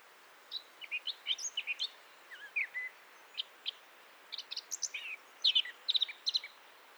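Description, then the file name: Eurasian blackcap singing scattered, loose groups of high chirps and short warbles over a steady hiss of background noise. "Sylvia atricapilla"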